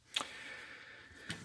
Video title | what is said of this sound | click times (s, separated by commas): Walter P22: Stuck barrel removal | and it locks into place | 0.2 s